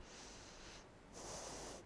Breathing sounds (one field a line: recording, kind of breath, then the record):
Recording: one breath in and out by a microphone near the nose and mouth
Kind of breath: deep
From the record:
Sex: female